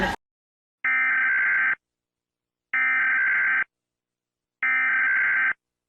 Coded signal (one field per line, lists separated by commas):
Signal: Emergency Alert System (SAME) tones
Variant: header bursts